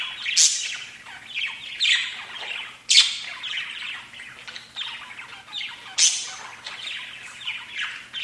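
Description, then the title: Budgerigar chatter: harsh squawks mixed with rapid scratchy chirps, with a few sharp louder bursts over continuous twittering. "Budgie Sounds"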